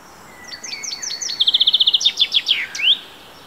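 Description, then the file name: Common chaffinch song: several slurred descending notes, then a fast even trill, a few louder down-swept notes and a closing upward flourish, with steady background hiss. "Fringilla coelebs"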